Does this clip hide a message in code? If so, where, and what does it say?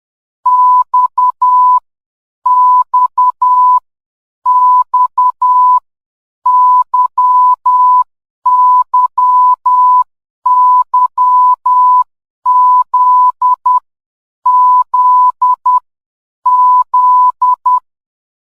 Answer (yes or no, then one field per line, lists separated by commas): yes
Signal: Morse code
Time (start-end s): 0.5-17.8 s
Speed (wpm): 10 wpm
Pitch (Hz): 1000 Hz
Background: none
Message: X X X Y Y Y Z Z Z